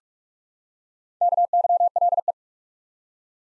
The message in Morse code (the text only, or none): KYLE